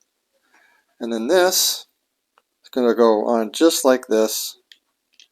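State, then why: Seated. A plastic part from a 1:12 scale Team Suzuki ECSTAR GSX RR model kit by Tamiya is pressed onto the model's engine while someone talks. A short, quiet click at 4.7 s marks the part sort of snapping into place, and it seats.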